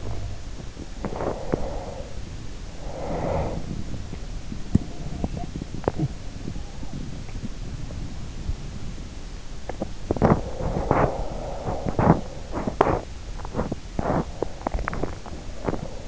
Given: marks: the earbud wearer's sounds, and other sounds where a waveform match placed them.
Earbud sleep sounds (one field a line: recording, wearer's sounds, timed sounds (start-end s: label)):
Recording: sounds in sleep by an in-ear microphone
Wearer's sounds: body movement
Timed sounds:
0.00-7.58 s: body movement
9.99-16.08 s: body movement